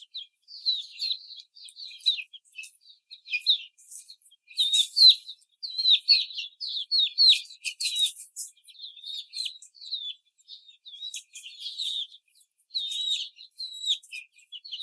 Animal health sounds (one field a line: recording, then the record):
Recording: young laying hens in a cage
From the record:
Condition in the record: before the stressor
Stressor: simulated dog barking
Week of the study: 4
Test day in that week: 3